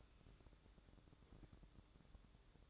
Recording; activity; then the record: daily activity, microphone in the room; open fridge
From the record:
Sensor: 3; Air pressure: 1007.7 hPa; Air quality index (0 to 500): 69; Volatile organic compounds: 1 ppm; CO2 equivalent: 637 ppm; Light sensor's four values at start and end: 12/29/12/12 and 12/29/12/12